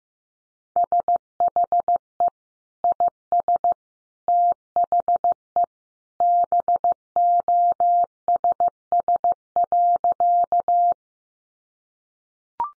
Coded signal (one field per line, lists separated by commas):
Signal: Morse code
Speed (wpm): 15 wpm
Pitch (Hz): 700 Hz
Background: none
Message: SHE IS THE BOSS.